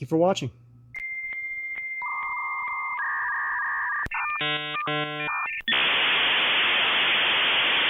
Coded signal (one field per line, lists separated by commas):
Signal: dial-up modem handshake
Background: speech